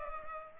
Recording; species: mosquito wingbeat signal from an infrared sensor; Culex pipiens